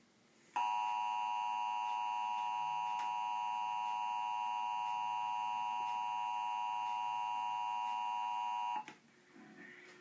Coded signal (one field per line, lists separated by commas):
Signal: Emergency Alert System (SAME) tones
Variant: 853 and 960 Hz attention tone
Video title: NJ Amber Alert/Child Abduction Emergency Alert System (EAS).mov